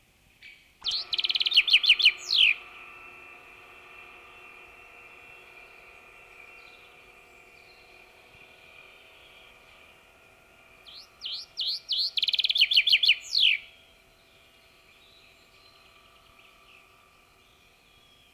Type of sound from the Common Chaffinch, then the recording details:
song. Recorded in the wild. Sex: male. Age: adult. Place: Horn-Bad Meinberg, OT Leopoldstal, Eggegebirge, Nordrhein-Westfalen, DE. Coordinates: 51.8503, 8.92694. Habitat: beech forest. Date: 1965-06-20. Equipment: Uher 4000 Report-S, Bändchenmikro Beyer M 260, Parabolspiegel Polyester (470 mm). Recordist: Conrads, Klaus